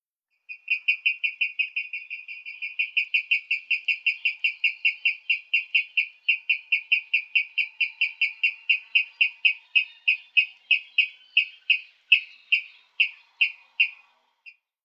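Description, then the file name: Water rail calling: a long, steady series of many sharp, clipped notes, carrying on for about fourteen seconds and spacing out slightly toward the end. "wasserralle"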